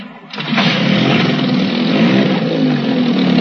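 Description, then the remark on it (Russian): A boat motor sputters to life after a brief quiet moment, then runs with a loud, steady, rumbling drone before stalling. No voices can be heard. “Мотор запустился сразу, но тут же и заглох.”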